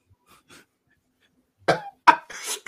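Two abrupt, harsh bursts followed by a breathy rasp: a short run of coughs from an adult man in a quiet room.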